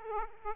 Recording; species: mosquito wingbeat signal from an infrared sensor; Aedes aegypti